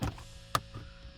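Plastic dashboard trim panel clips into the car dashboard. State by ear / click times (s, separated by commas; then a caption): seated / 0.5 s. On a Mitsubishi Mirage, the plastic dashboard trim panel is reassembled after a USB QC3.0 charger is installed: the lower tabs are hooked in first, then the panel is pushed up until its two upper clips lock into the dashboard. A soft knock at the start is followed by a single sharp plastic click at 0.5 s as the clips snap into place, and the panel is seated.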